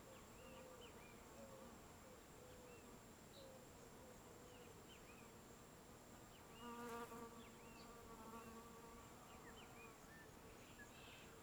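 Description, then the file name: Fly buzzing, a steady low hum that swells louder for about a second, over soft scattered bird chirps. Open field in late afternoon, with birds. "Ambiencia descampado em fim de tarde com mosca, passaros e as vezes vaca"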